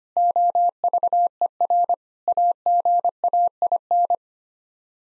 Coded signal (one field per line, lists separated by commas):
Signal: Morse code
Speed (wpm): 25 wpm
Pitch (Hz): 700 Hz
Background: none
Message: OVER AGAIN